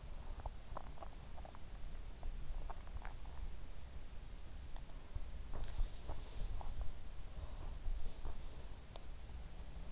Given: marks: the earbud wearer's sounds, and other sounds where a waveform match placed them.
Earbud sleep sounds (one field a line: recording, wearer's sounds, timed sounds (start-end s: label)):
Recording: sounds in sleep by an in-ear microphone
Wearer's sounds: body movement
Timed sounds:
0.00-3.64 s: body movement
5.12-7.13 s: body movement